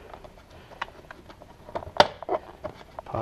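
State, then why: Released. More of a 2007-2012 Nissan Sentra's rear deck trim panel is pulled free, and its plastic trim clips release with a sharp, loud pop at 2.0 s. Smaller clicks and rustling scrapes come before and after as the panel is worked loose.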